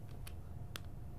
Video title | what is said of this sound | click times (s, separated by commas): Americas Premiere Dentist and Best Selling Author Dr. Scott Schumann | Snap. That's how it snaps into. Snaps into place. | 0.8 s